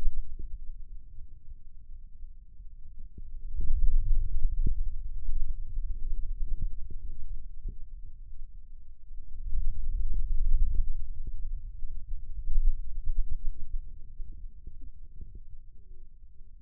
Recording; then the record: forearm muscle sounds (acoustic myography)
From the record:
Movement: radial deviation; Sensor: system 2, bracelet of six BSWA MPA416 microphones around the upper forearm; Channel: 1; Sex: male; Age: 22 years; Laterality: right